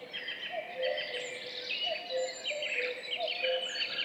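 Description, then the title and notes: Common cuckoo song, low falling two-note calls repeated several times, with bright whistles and trills from other birds above. Two common cuckoos calling in duet at dawn, 5:20, 14 May 2019, in spring, on a track in Val Maravel; stereo, MixPre-3 recorder with MKH 8020 microphones. "Duo de coucou. 14 mai 2019-Piste aux espagnols - Val Maravel - 5h20. un mémorable duo de deux coucous gris"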